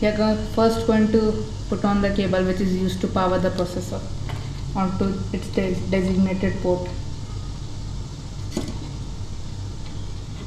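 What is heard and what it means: Someone talks while handling the processor (CPU) power cable plug as it is brought toward its header on the motherboard, followed by a quieter stretch with a brief sharp tick near 8.6 s. The plug has not yet seated or clicked into the header.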